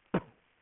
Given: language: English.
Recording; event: throat vibration sensor signal played as sound; cough